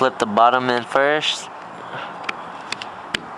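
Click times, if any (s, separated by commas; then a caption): 3.1 s. Someone talks while fitting the plastic cover onto a Lexus GS400/300 door lock actuator housing, flipping the bottom in first and pressing it closed. A few faint ticks come at about 2.3, 2.7 and 2.8 seconds before a sharp click at 3.2 seconds. The cover snaps shut and is seated.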